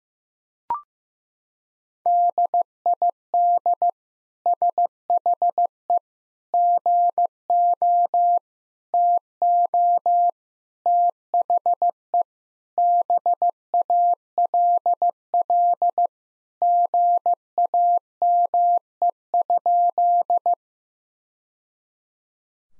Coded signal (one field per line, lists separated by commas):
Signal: Morse code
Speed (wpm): 15 wpm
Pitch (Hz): 700 Hz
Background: none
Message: DID SHE GO TO THE BALL GAME?